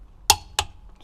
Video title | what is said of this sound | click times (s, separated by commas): Установка секреток Land Cruiser Prado. Деньги на ветер. Скрип в подвеске вернулся. | щелкнуло, все готово. | 0.3 s, 0.6 s